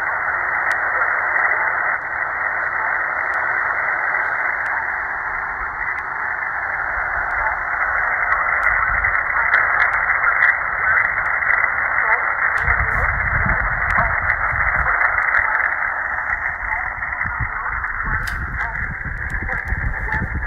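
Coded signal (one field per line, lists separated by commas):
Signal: numbers station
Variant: E11 Oblique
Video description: 4505 kHz USB - E11 "Oblique" Numbers Station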